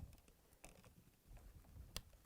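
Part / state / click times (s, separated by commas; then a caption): refrigerator damper wire harness connector into its mating plug / seated / 2.0 s. Inside a Frigidaire/Electrolux refrigerator, the wire harness plug of damper assembly 241600906 is pushed into its mating connector. After soft handling rustles and a faint tick near 0.6 s, a sharp click at 2.0 s shows the connector has seated and is on.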